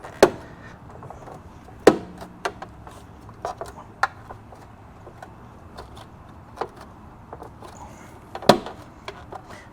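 A Kunist 19-inch plastic wheel cover is pressed section by section onto the alloy wheel of a Tesla Model Y, with loud sharp snaps at 0.2, 1.9, 4.0 and 8.5 seconds as each clip area seats. Between the snaps there are softer taps and handling noises over a low background. The cover ends up seated, including one area that had not been fully seated before.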